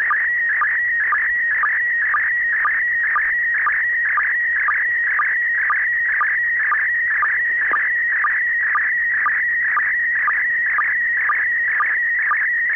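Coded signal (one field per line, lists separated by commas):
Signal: SSTV (slow-scan television)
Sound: steady warbling high tone with short low blips about twice a second throughout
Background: radio static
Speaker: okay considering the static on the signal this didn't turn out too bad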